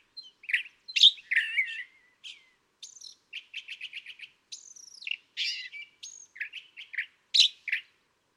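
California thrasher song, a long run of varied phrases: harsh chatters, buzzy notes, rapid stuttered trills and clear whistles, shifting constantly with short pauses.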